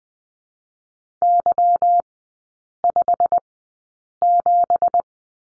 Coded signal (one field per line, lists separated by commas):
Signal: Morse code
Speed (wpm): 20 wpm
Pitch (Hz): 700 Hz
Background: none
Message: Y57